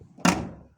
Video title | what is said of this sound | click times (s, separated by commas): How to Open Ford Puma Bonnet / Hood (non-broken) | there i heard a good click there is no longer a finger gap i can't move that i'm double checking | 0.3 s